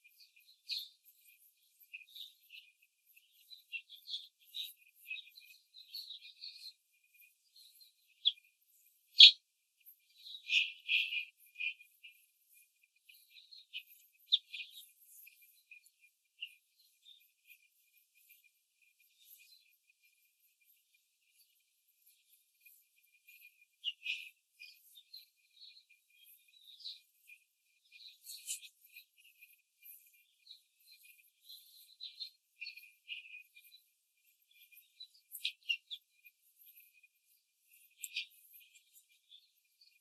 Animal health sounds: young laying hens in a cage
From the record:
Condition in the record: control cage, before the stress test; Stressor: none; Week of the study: 4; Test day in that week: 1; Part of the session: 2

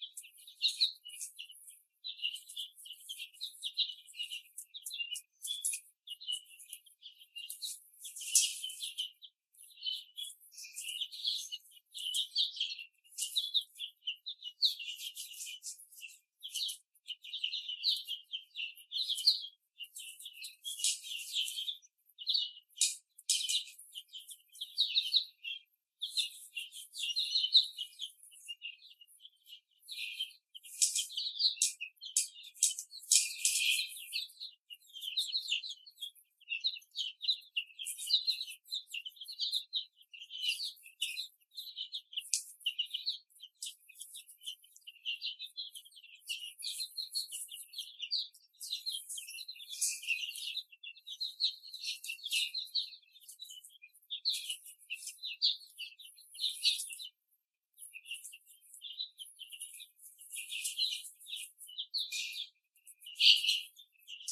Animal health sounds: young laying hens in a cage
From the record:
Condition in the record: before the stressor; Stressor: simulated dog barking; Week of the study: 3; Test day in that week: 1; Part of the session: 2

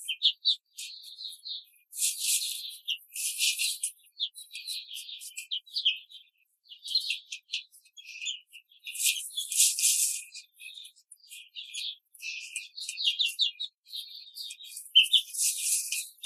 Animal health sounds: young laying hens in a cage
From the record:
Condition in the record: control cage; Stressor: none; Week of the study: 5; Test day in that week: 1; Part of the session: 4

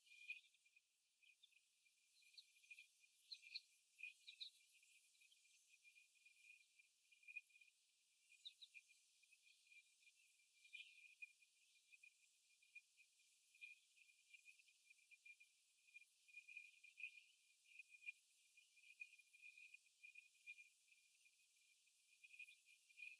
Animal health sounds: young laying hens in a cage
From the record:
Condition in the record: before the stressor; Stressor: simulated dog barking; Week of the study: 1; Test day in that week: 1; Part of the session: 4

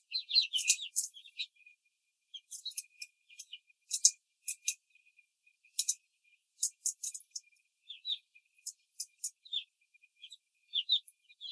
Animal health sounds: young laying hens in a cage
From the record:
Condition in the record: control cage, before the stress test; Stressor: none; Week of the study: 4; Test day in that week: 3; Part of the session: 4

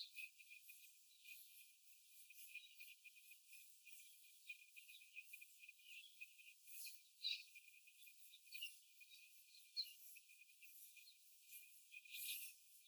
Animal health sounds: young laying hens in a cage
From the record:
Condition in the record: after the stressor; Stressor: simulated dog barking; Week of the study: 4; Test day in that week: 1

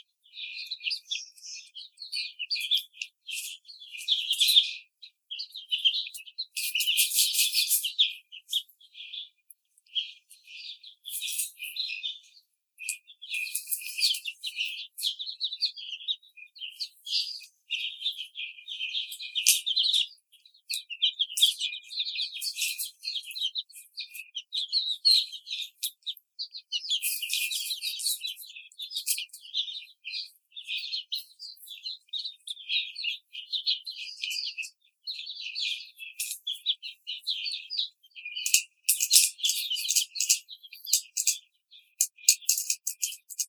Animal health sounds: young laying hens in a cage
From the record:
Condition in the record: treatment cage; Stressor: simulated dog barking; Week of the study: 5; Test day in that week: 1

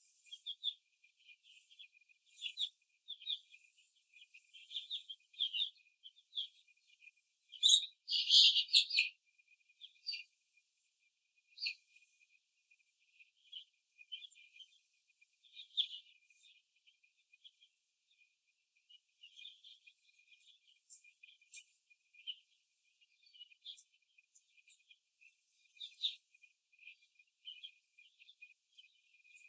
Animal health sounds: young laying hens in a cage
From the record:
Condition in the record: after the stressor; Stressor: simulated dog barking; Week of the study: 2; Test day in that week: 2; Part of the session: 3

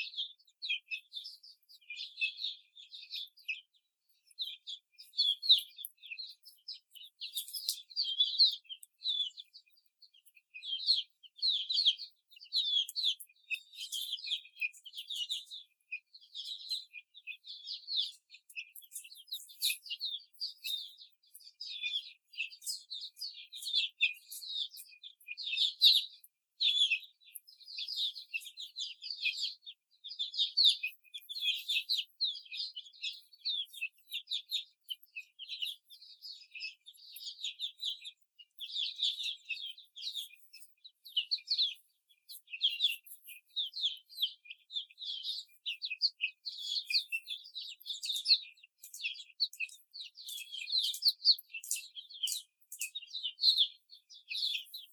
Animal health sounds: young laying hens in a cage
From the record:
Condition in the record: before the stressor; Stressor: simulated dog barking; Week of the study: 4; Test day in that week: 2

